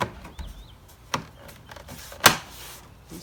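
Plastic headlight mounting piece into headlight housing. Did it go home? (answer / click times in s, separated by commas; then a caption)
yes / 1.1 s, 2.3 s. Freshly painted plastic headlight mounting pieces for a 2004 Volvo S60 droopy headlight fix are pressed back into the headlight housing. Sharp snaps are heard at 1.1 s and 2.3 s, with the louder one at 2.3 s, among fainter knocks and a brief chirp-like tone near 0.5 s. The mounting pieces seat in place.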